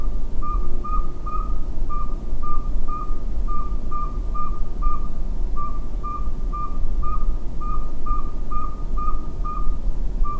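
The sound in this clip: Northern saw-whet owl tooting monotonously, clipped whistled notes repeated steadily without a break, against constant low background rumble.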